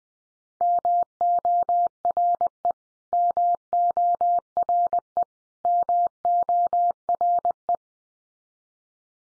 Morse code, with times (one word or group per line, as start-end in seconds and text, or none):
0.6-2.7 MORE
3.1-5.2 MORE
5.7-7.8 MORE